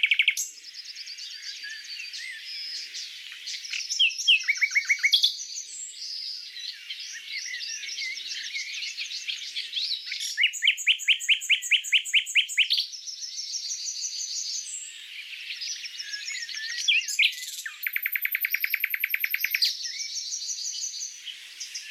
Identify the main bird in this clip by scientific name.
Luscinia megarhynchos